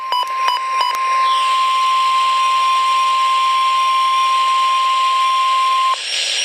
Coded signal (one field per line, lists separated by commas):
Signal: Emergency Alert System (SAME) tones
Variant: 1050 Hz attention tone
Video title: Severe Thunderstorm Warning - 07/18/12 (EAS #243)